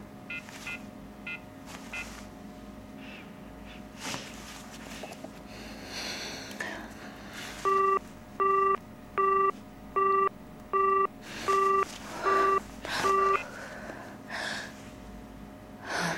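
A rapid series of eight short, evenly spaced electronic dialing beeps as a woman calls her son's phone, which is switched off or out of network range, each a bright dual tone, follows several seconds of quiet background hiss with faint breathy sounds, and no one speaks.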